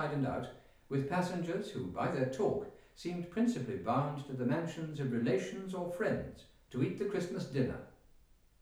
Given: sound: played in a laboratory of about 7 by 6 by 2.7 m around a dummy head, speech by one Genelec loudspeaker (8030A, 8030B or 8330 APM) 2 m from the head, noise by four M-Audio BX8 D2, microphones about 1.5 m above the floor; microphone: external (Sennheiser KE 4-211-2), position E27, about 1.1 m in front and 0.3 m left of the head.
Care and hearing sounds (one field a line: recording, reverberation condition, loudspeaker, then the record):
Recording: male speech in English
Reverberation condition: medium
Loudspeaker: 120 degrees to the left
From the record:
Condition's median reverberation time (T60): about 510 ms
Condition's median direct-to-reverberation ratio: about -0.5 dB